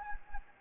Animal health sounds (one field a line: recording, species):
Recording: mosquito wingbeat signal from an infrared sensor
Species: Anopheles gambiae